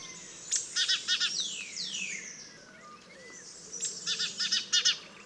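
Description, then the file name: Great tit calls in two quick runs of several harsh, buzzy repeated notes. Other birds give long descending whistles and short chirps in the gap. "Parus major"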